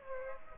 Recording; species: mosquito wingbeat signal from an infrared sensor; Aedes aegypti